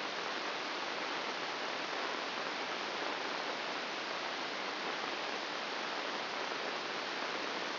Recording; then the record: brain microelectrode recording played as sound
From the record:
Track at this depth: inside the subthalamic nucleus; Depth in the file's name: 4.302 mm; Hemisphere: left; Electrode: 2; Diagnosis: Parkinson's disease